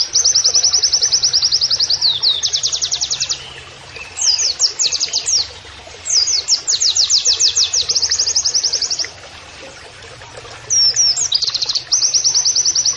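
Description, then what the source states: White-eye delivering loud, very high chattering trills, long runs of quick repeated notes with brief gaps and twittered flourishes. Training audio of a vigorously singing white-eye with canary-like song phrases.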